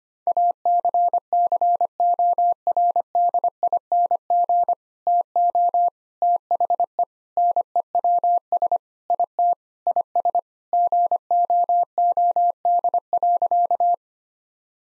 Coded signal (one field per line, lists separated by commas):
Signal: Morse code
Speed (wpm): 25 wpm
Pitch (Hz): 700 Hz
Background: none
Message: ACCORDING TO THE NEWS IT IS GOOD.